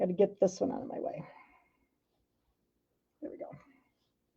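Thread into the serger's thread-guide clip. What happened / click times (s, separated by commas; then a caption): Handled, not yet home: the thread has not clicked into its guide / none. A looper thread is handled on a Triumph air-threading serger, being laid in its channel before it is pulled down into a small plastic thread clip. Someone talks briefly, there is a quiet pause, and then more brief talking. The thread has not clicked into the clip yet.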